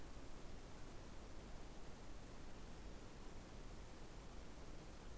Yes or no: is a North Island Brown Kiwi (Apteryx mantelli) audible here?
no